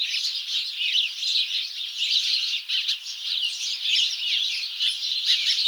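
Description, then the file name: House sparrows chirping in a dense, continuous chorus of overlapping harsh chirps, steady throughout with no pauses. "Passer domesticus"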